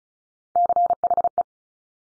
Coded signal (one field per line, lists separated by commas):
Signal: Morse code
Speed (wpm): 36 wpm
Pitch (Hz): 700 Hz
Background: none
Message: CHE